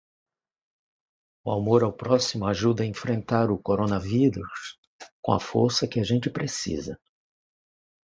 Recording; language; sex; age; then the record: spoken sentence; Brazilian Portuguese; male; 50 to 59 years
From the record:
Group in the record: control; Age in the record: 58 years